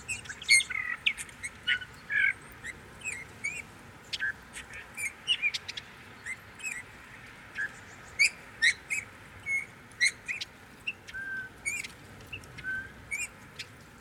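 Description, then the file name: Eurasian bullfinch calls: short soft piping notes near mid pitch, scattered irregularly, with many sharp high ticks and chips. "Pyrrhula pyrrhula"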